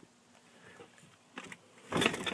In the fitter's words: and it locks into place